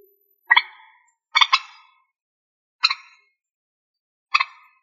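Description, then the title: Rail calling in short harsh, clucking double notes, four bursts spaced about one to one and a half seconds apart. "Rallidae"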